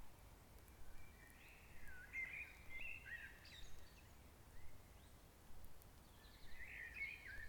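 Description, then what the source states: Bird song: faint warbling, twittering phrases in short bursts, with a steady low rumble of background noise throughout. In forest.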